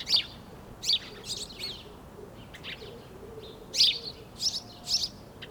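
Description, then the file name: House sparrow chirps, a few loud rasping notes in small bunches separated by brief pauses, with a faint low hum underneath. "Passer domesticus"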